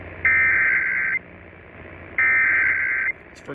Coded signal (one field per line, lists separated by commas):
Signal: Emergency Alert System (SAME) tones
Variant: header bursts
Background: speech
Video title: (EAS 51) Immediate Evacuation for my area (READ PINNED COMMENT)